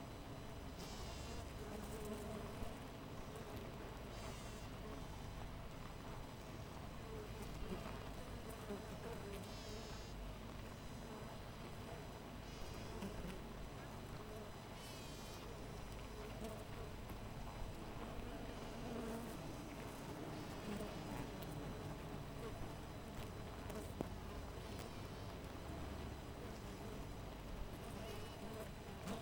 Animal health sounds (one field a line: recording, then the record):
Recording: honeybee colony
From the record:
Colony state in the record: missing queen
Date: 14 July 2017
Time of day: 6:21